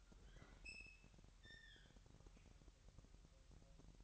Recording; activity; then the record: daily activity, microphone in the room; open fridge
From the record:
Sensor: 3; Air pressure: 1001.9 hPa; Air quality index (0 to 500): 246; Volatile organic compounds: 51 ppm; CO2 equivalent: 3307 ppm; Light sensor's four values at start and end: 12/36/16/13 and 12/36/16/13